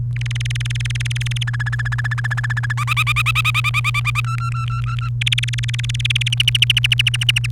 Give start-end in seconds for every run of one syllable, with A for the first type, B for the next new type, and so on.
0.16-1.43 A, 1.47-2.73 B, 2.77-4.21 C, 4.24-5.09 D, 5.21-6.34 A, 6.40-7.46 E